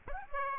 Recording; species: mosquito wingbeat signal from an infrared sensor; Aedes aegypti